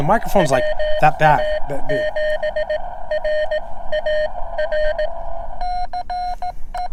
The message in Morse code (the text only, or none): WA7RAR